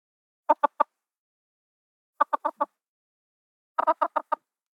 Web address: chicken cluck stutter